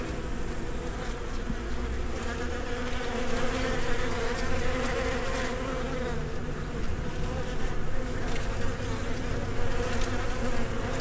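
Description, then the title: Bees buzzing in a dense, steady drone, many wings humming together at a low pitch with no break throughout. Recorded between 2010 and 2012. "Abeilles"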